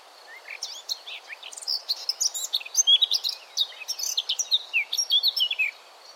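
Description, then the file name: Eurasian blackcap song, a dense, continuous jumble of sharp chirps and melodious whistles, fast and varied throughout the six seconds. "Sylvia atricapilla"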